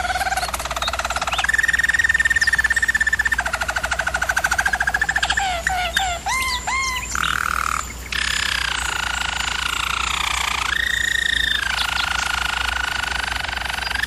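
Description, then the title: German Roller canary song: long sustained rolling tours, a rapid burst of sweeping looped notes midway, a brief pause, then smooth rolls resuming. Singing; used for canary training. "German Roller Canary Singing - Canary Training Vid"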